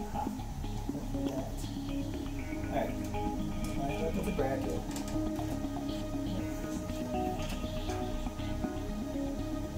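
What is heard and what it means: A graphics card is handled and lined up with the case bracket over a motherboard PCIe slot while music plays and someone talks. Nothing has seated or clicked yet; the card is not yet home in the slot when the clip ends.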